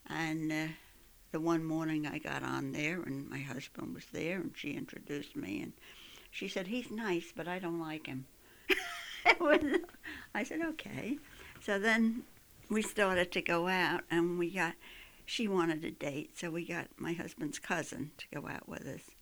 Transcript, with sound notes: And, uh, the one morning I got on there, and my husband was there, and she introduced me, and she said, "He's nice, but I don't like him." ( she laughs ) I said, "Okay." So then we started to go out, and we got, she wanted a date, so we got my husband's cousin to go out with us,